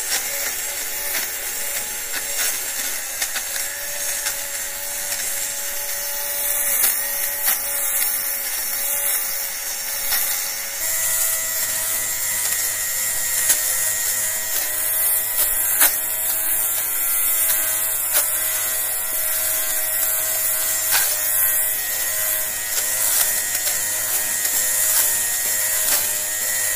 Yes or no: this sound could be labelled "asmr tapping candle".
no